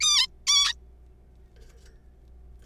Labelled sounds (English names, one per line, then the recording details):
Zebra Finch
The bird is a juvenile
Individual R3428